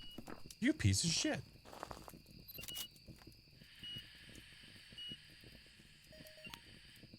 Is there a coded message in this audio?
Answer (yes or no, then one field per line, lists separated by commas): no